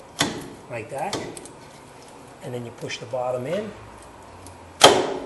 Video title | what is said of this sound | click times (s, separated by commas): How to replace the ball joints on a Ford E 250 without a press | and it pops right in | 4.8 s